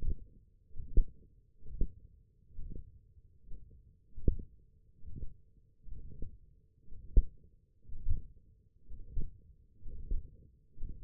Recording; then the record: forearm muscle sounds (acoustic myography)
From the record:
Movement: radial deviation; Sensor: system 1, eight BSWA MPA416 microphones around the upper forearm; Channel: 1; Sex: male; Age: 21 years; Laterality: right